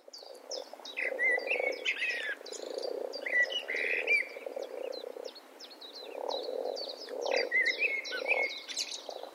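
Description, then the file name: Eurasian blackbird giving scattered high notes and short whistles, overlapping, over a low croaking chorus. "Turdus merula"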